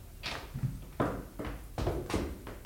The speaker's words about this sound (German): Ich hörte Schritte. Dachte ich, wer geht in deinem leeren Zimmer herum?